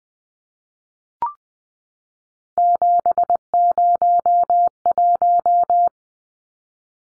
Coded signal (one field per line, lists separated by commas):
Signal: Morse code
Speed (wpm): 20 wpm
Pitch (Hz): 700 Hz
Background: none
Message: 701